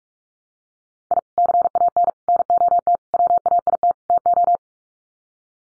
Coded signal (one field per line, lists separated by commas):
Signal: Morse code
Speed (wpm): 44 wpm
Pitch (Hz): 700 Hz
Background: none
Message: I CAN NOT WAIT TO